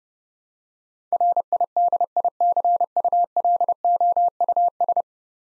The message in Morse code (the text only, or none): RIDICULOUS